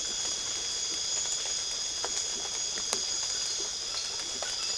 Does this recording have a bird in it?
no